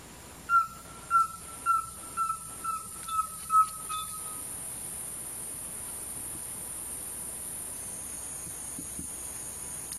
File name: Canto do corneteiro da mata